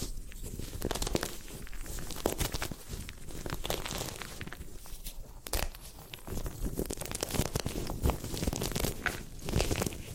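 Gym chalk is crushed and crumbled in a dense, continuous run of gritty crackling and rustling, with many small crunches and clicks scattered unevenly throughout. A sharp, louder crunch stands out around five and a half seconds, and the texture stays busy to the end.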